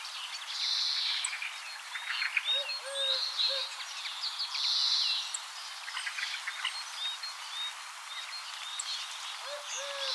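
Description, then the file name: European greenfinch wheezing in nasal buzzy strokes, two long wheezes standing out among twittering birds, with three low hoots after two and a half seconds and a pair at the end. "Chloris chloris"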